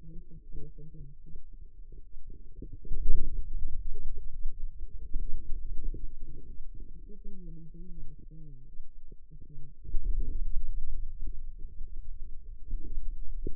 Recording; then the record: forearm muscle sounds (acoustic myography)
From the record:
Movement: hand opening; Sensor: system 2, bracelet of six BSWA MPA416 microphones around the upper forearm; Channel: 5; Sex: female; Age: 25 years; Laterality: right